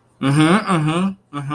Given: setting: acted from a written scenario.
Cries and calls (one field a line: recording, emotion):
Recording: vocal sound without words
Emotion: interest